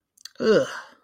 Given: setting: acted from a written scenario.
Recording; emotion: vocal sound without words; disgust